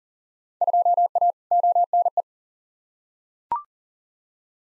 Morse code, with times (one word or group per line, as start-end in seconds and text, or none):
0.6-1.3 2A
1.5-2.2 ONE